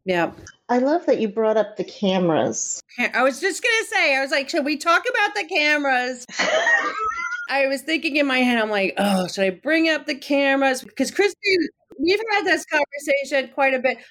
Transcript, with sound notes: I love that you brought up the cameras.
I was just going to say, I was like, can we talk about the cameras.
(laughs)
I was thinking in my head, I’m like, ‘oh, should I bring up the cameras?’ because Christine, we’ve had this conversation quite a bit.